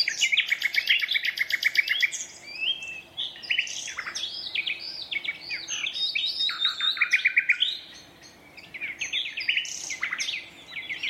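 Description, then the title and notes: Common nightingale song: fast repeated trill phrases, rich whistles and rattles following one another with short pauses. Two competing males singing a duet at dusk in a dense thorn thicket, north Dorset countryside woodland. "Sound Escape: An astonishing nightingale duet in a Dorset woodland. BBC Countryfile Magazine's Sound Escapes"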